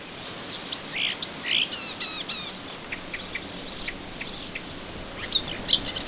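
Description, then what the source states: Melodious warbler song with a mix of buzzy notes, stacked chattering phrases and thin high whistles, uneven in rhythm. Recorded in a garden on 25 June 2017.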